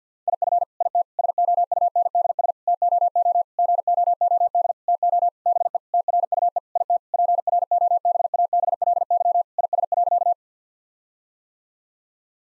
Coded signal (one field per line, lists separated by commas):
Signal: Morse code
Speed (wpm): 50 wpm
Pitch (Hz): 700 Hz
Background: none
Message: IF IT SOUNDS TOO GOOD TO BE TRUE IT PROBABLY IS.